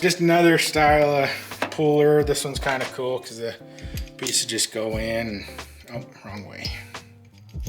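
Someone talks over background music while handling a metal bearing puller piece, first trying it the wrong way round before fitting it toward its storage holder in the set, where spring clips are meant to grab it. Short, sharp metal clinks of handling come near the end, around 7.0 s and 7.7 s. Nothing has seated or clicked home in the holder yet.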